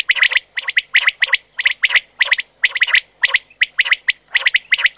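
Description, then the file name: Common quail producing clustered scratchy notes, repeated in a rapid, rhythmic run. "QUAGLIA"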